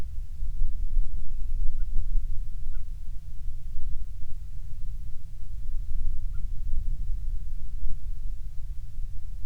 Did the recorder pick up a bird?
yes